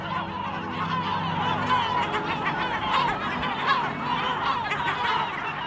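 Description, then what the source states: Yellow-legged Gull colony: many overlapping harsh calls blending into a continuous din. Gull colony on Riou island, Calanques archipelagos, Marseille, France.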